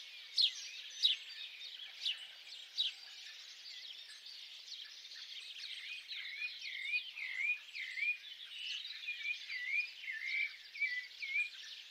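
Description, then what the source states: Birds singing together, a soft chorus of chirps with swooping whistled notes that grow more frequent and repeated toward the end. Birds singing at dawn.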